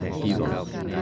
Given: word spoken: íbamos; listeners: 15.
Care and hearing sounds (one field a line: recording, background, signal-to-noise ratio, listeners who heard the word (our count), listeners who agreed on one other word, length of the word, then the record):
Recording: one Spanish word in noise, from a listening test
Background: eight-talker babble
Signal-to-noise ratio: -0.8 dB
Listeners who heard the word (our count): 0 of 15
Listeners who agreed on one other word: 6 of 15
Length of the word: 0.62 s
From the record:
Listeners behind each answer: 6, 2, 1, 1, 1, 1, 1, 1, 1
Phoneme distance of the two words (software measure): 45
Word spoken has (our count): 3 syllables, 6 phonemes, stress on syllable 1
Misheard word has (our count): 3 syllables, 7 phonemes, stress on syllable 2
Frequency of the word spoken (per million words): 13.98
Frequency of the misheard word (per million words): 20.21